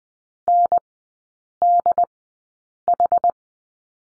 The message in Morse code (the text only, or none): NDH